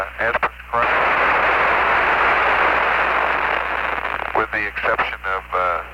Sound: radio noise